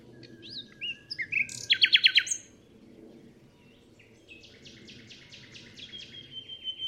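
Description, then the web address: Common nightingale singing a thin sustained whistle and slurred notes, then a powerful rattling trill, followed by a quieter series of evenly repeated notes. "chant didier collin rossignol philomele"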